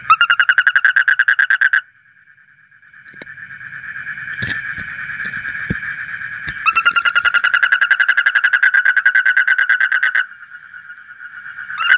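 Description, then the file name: Asian common toad giving pulsed, buzzy trills that stop after two seconds; clattering and hissing noises fill the pause before a second long trill resumes and then ends. "suara kodok bangkong kolong kodok buduk"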